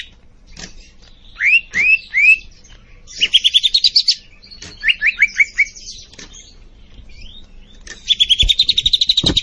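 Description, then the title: Leafbird singing: a few sharp clicks, three rising slurred whistles, fast rising trills and a run of quick notes, closing with another rapid trill. Singing actively, described as gacor. "Cucak Ijo Gacor"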